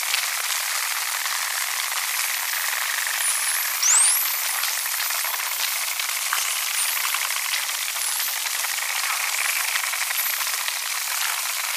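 Dolphin whistles, one sharp upward-sweeping whistle followed by several shorter descending ones, over a steady bed of underwater crackling and snapping.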